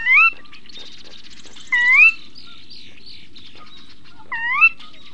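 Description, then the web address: Sora: three clear whistled calls, each slurring upward, over soft chattering and buzzy calls from other birds. "timbillo bird songs of WA calls sora"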